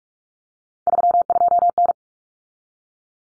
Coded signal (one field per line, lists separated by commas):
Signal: Morse code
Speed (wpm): 44 wpm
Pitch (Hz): 700 Hz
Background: none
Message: 32N